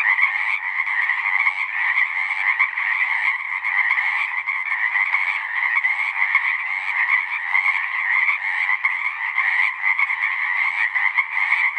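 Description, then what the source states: Pacific chorus frogs in a massed chorus, rapid grating croaks from many callers merging into a constant buzzing din. Full chorus after dusk; male advertisement calls used to attract females, a kree-eeck or ribbit.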